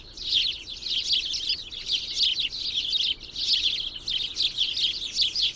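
Bird chatter of quick, sharp high tweets in clustered bursts, separated by short dips, continuing through the whole stretch.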